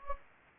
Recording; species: mosquito wingbeat signal from an infrared sensor; Anopheles gambiae